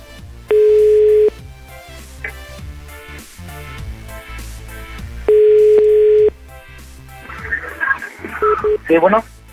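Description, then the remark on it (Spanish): Two loud, steady telephone ringback tones, each about a second long and several seconds apart, sound over busy background music, with a burst of warbling electronic sounds near the end. “Órale, ya está llamando, ella está llamando.”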